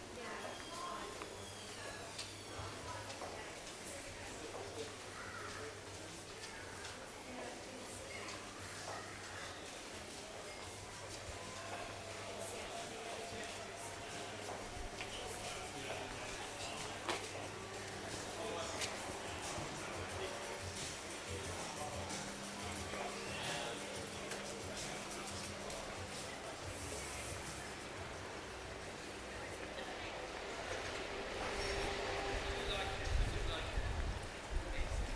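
A soundwalk in Margate, with voices talking on and off through a steady outdoor bustle. A low engine hum runs through the first twenty seconds, then a higher drone takes over, with scattered clicks and knocks and a louder, busier stretch near the end.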